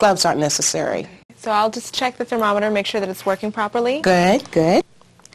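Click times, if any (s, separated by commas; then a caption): none. Someone talks while checking an electronic thermometer to make sure it works properly, before its probe is pushed into a disposable plastic probe cover. A couple of faint, brief ticks come near 5.3 s once the talking stops. The probe cover has not snapped on or seated yet.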